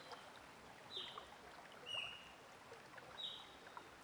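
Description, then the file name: Bird gives three short whistled notes, the middle one lower, over a steady background of rushing stream water. Singing in a forest near a stream. "Passaro cantando na floresta riacho perto"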